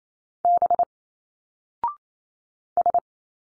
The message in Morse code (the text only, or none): B S